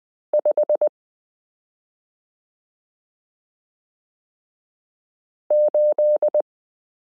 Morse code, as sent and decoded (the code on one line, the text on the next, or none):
..... / ---..
5 8